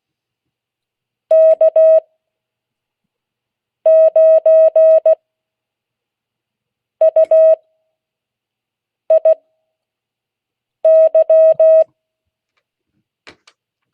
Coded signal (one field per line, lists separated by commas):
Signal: Morse code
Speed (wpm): 16 wpm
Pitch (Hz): 640 Hz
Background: none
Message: K9UIY